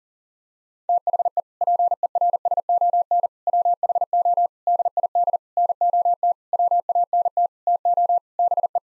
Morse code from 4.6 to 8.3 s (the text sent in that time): DID NOT WANT TO